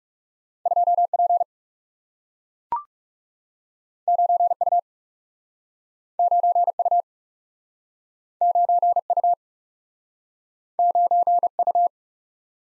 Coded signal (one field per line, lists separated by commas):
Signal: Morse code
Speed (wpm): 40 wpm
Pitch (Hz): 700 Hz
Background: none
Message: 2 P 9 U 9 U 9 U 9 U